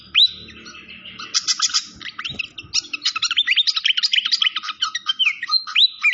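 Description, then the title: Malaysian pied fantail song opening with a rising whistle, then busy chattering and upward slurred whistles, with a few low thumps. Training (masteran) song with a clear voice, mixed with the sound of gurgling water. "Masteran Sikatan Kipas Suara Jernih Dan Suara Gemericik Air"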